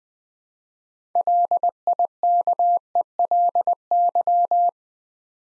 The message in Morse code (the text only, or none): LIKELY